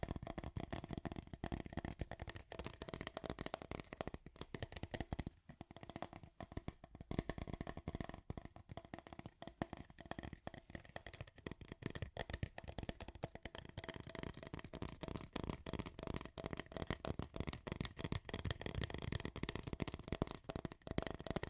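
Scratchy tapping runs continuously for the whole stretch, a dense stream of quick, crisp clicks and scrapes with almost no gaps. The texture is rough and papery, like cards being shuffled, with a steady level and only small dips around five and eleven seconds.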